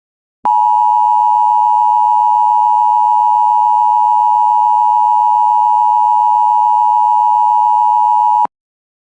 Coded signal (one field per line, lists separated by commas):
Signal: Emergency Alert System (SAME) tones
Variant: 853 and 960 Hz attention tone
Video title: Qurtuple Hearder EAS #222-225 2 Tornado Warnings 1 Flash Flood Warning And Weekly Test On WJON-IP